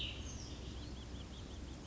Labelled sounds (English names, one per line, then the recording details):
Cassin's Vireo
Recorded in Sonoma County, California